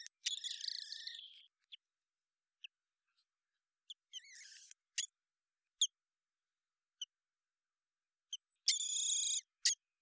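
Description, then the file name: Common blackbird calls: a harsh buzzy note, then sparse sharp clicks every second or so, closing with a longer grating harmonic note and two ticks. "Turdus merula"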